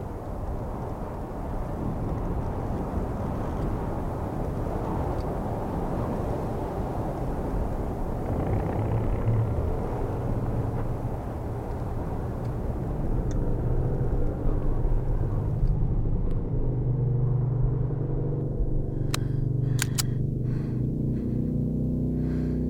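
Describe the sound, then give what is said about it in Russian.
A Harley motorcycle engine rumbles steadily as it rides up on a desert highway, its low hum holding for the whole stretch and turning into a more tonal drone toward the end, with no voices. “Джон подъезжает сам.”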